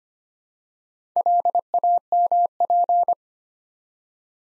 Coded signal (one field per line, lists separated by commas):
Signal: Morse code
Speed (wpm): 25 wpm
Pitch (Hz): 700 Hz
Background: none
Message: LAMP